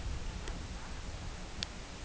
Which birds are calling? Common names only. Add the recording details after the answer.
none. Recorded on Arctic tundra, site CORI-1, on 13 June 2018. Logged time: 16:00